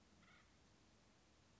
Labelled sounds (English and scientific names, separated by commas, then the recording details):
Acorn Woodpecker (Melanerpes formicivorus)
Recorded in Sonoma County, California